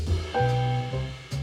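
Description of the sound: Three low, voiced cough bursts from an adult man come in quick succession, each with a sharp onset and a deep, rumbling tail. This is a lingering chesty cough of about a month's duration that pops out when he starts talking more, fitting lower-airway irritation with mucus.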